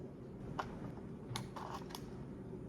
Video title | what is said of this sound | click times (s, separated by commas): FIREFOTO 4K Video Camera Review: Capture Stunning 4K Videos & Photos | all right everything clicked into place we'll seal it up | 1.4 s